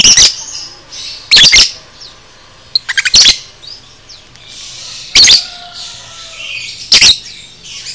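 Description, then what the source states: Lovebird song: loud, shrill screeching bursts at irregular intervals, separated by quiet high twittering and a few quick clicks. Masteran song for training cage birds.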